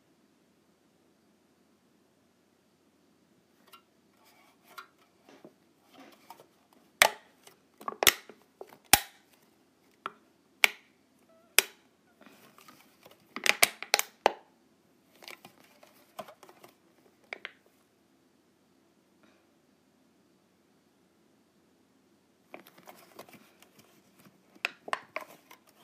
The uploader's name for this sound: ASMR Clipping my Clips